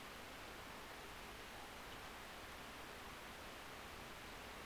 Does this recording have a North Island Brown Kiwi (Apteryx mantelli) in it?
no